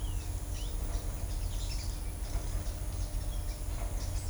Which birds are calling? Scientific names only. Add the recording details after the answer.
none. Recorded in shrubland near Pivijay, Magdalena, Colombia, on 1 June 2023 at 09:00. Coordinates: 10.453, -74.365. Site P5-G022